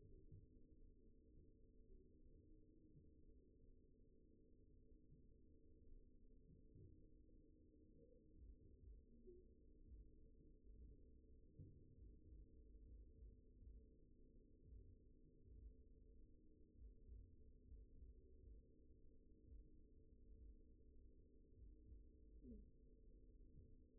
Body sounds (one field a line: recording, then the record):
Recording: forearm muscle sounds (acoustic myography)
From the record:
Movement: finger pinch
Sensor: system 2, bracelet of six BSWA MPA416 microphones around the upper forearm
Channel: 6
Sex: male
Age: 22 years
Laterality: right